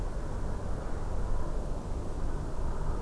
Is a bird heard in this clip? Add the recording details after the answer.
no. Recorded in France